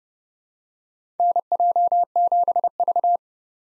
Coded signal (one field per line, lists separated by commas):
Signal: Morse code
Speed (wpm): 30 wpm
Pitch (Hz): 700 Hz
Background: none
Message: NJ7V